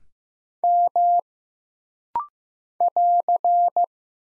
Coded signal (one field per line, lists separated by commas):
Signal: Morse code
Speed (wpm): 15 wpm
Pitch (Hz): 700 Hz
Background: none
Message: M <AR>